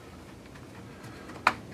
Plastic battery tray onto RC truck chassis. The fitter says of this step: onto these two right here, and it kind of clicks into place